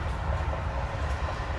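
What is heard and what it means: A bunk bed in a 2021 Keystone Fuzion 379 toy hauler RV is slid up along its wall track before it locks into place. A steady, low rumbling slide with broadband noise runs through the whole clip, with no sharp transients. Nothing has seated or clicked yet.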